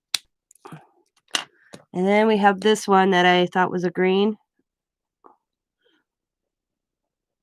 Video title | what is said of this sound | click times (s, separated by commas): LETS CHECK OUT ACRYLIC PAINT PENS | so if you go to closing you have to snap them | 0.1 s